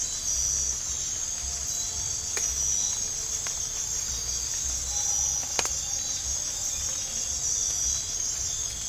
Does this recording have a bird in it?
no